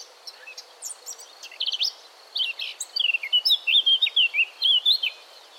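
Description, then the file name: Eurasian blackcap song: scratchy soft twitters build into a louder, clearer whistled warble lasting a few seconds, over a thin continuous high-pitched hiss. "Sylvia atricapilla"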